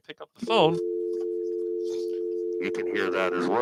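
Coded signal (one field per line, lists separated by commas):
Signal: telephone call progress tone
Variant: North America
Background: speech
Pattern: dial tone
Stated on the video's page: Call-in ringing to the host's rotary phone during a live show.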